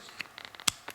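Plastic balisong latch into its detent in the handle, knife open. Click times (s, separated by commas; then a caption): 0.7 s. With a Cold Steel FGX plastic butterfly knife held open, the plastic latch is swung into the handle, and the small nubs on the latch ride into a detent on the inside of the handle. A few light plastic ticks lead up to a sharp, bright click at 0.7 s as the latch seats in its detent, followed by one softer tick. The latch clicks into place and locks the open knife.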